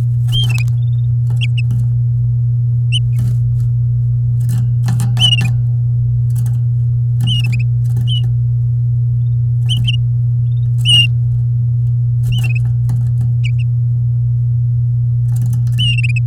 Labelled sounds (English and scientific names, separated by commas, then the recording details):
Domestic Canary (Serinus canaria) song
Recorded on 8 May 2018 at 08:01
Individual llb16